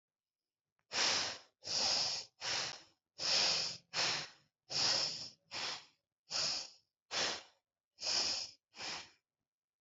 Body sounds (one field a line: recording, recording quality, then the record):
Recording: shallow breathing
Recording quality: excellent, no background noise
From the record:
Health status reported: respiratory illness, not identified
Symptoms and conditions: asthma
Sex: female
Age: 27 years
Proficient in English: yes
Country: India